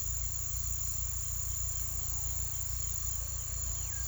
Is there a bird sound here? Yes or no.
no